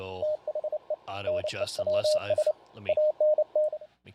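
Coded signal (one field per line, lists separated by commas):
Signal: Morse code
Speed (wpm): 28 wpm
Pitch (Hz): 610 Hz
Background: speech, radio noise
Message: THE NEWS ANT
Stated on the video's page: CW sent automatically as macros from Expert Electronics EESDR software via the TCI interface and SDC client.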